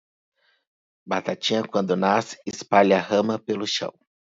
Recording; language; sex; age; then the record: short text; Brazilian Portuguese; male; 30 to 39 years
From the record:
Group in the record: control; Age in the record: 33 years